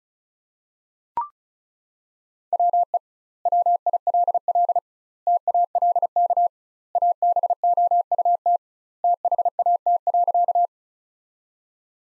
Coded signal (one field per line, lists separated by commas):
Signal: Morse code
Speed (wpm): 34 wpm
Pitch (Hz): 700 Hz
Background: none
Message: WE WILL TALK ABOUT THAT.